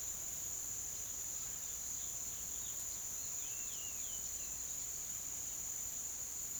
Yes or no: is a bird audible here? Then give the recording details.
yes. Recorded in pastures near Puerto Asís, Putumayo, Colombia, on 25 June 2025 at 07:30. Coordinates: 0.487, -76.322. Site H26